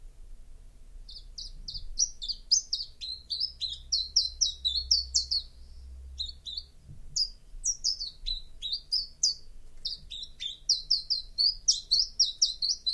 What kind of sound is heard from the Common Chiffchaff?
song